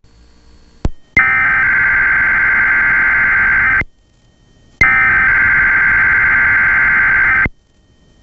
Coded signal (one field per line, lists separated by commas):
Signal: Emergency Alert System (SAME) tones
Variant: header bursts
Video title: 2011 WUPW Fox Toledo Emergency Alert System Test